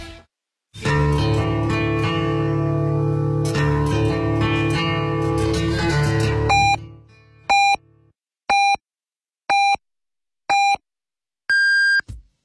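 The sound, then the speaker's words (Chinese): Music plays, then cuts to the Beijing City Radio 1073 time signal marking 14:00 Beijing time, in 2018: a series of short, evenly spaced electronic beeps about a second apart, ending in a longer, higher-pitched final tone. “北京城市广播1073，请您准确对时。现在是北京时间14点整。”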